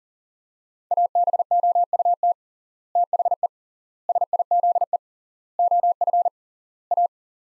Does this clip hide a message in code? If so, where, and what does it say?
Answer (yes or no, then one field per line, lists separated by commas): yes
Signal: Morse code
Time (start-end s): 0.9-7.1 s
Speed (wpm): 40 wpm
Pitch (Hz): 700 Hz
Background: none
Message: ABOUT THE SIZE OF A